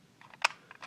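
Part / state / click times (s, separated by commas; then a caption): plastic smoke chamber onto smoke detector body / seated / 0.5 s. The plastic optical smoke chamber of a System Sensor i3 Series 2WB photoelectric smoke detector is put back over the detector. A few small plastic ticks come before and after one loud, sharp click at about 0.5 s, when the chamber clicks into place and is seated.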